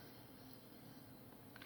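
After the toy robot's foot is rotated 180 degrees, the plastic rear cover on its leg is pressed closed over a steady low background hiss. A quick double click lands at about 1.6 s and 1.6 s as the cover snaps shut and seats.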